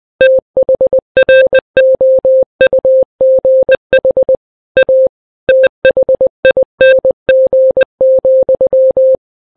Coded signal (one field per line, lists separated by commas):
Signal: Morse code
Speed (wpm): 20 wpm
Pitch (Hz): 520 Hz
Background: none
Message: THROUGH A THING,